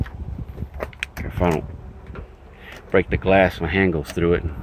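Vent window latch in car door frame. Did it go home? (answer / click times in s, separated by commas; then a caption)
yes / 1.0 s. The vent window latch in the door frame of a 1952 Buick Special sedan at a junkyard is worked by hand, with soft handling taps before a sharp metal click at 1.0 s as the latch locks into place. Someone talks throughout.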